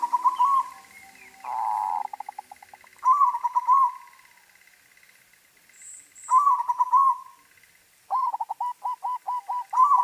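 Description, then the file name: Zebra dove song in repeated bursts of quick cooing notes, with one buzzy burst among them, with a faint steady hum and brief high chirps behind. White variety. "suara perkutut putih"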